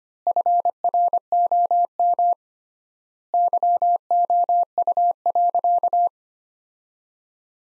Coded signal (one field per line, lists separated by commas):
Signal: Morse code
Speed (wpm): 25 wpm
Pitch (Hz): 700 Hz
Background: none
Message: FROM YOU.